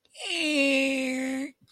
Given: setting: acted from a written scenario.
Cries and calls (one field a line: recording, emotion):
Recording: vocal sound without words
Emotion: awe